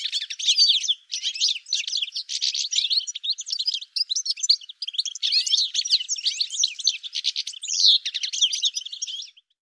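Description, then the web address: Bird twittering, rapid high chirps and trills packed together almost continuously, with a few short pauses and one clear downward sweep near the end. "cianscape birddata Deverinetal 2025 File cleaned normalized Bird"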